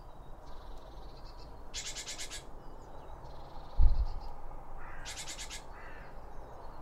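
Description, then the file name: Birds calling: harsh buzzy chattering bursts twice, with thin whistled notes between, over steady low background rumble and one brief thump. Birds around a bird feeder, recorded with two Line Audio OM 1 microphones. "Birds Around Birdfeeding With Two Om 1 From Line Audio"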